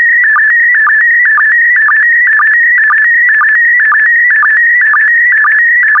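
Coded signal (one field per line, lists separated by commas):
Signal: SSTV (slow-scan television)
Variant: PD120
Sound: warbling, buzzy tone shifting in pitch with a regular low sync blip about twice a second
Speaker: the next image transmission will start in 10 seconds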